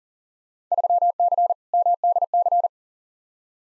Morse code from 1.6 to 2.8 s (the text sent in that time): MDC